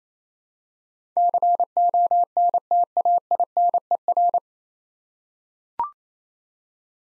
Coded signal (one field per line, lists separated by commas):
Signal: Morse code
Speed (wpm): 28 wpm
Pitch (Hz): 700 Hz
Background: none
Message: CONTAINER